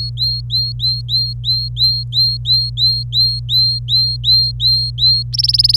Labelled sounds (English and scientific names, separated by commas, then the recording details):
Domestic Canary (Serinus canaria) song
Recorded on 26 April 2018 at 11:28
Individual llb3